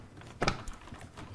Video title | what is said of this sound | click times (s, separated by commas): PC BUILD - AMD 2700X, 860 EVO 2TB M2 SSD, TridentZ RGB 32GB DDR4, GTX 1080Ti | it clicked it was quiet but it did it | 0.4 s